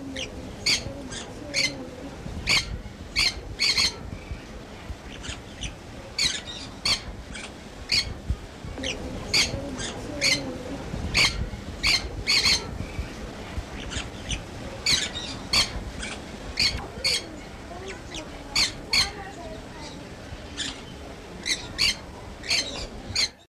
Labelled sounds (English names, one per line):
Black-capped Parakeet call